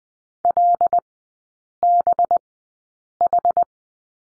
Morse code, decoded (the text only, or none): LBH